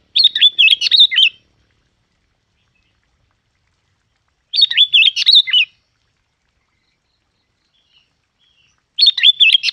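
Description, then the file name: Yellow-vented bulbul song: three short, bubbly, warbled phrases of quick chirping notes, each about a second long, repeated roughly every four and a half seconds. "Tieng chao mao dit vang"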